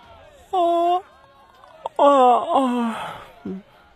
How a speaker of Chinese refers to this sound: 回去的路上，展昭打了个哈欠。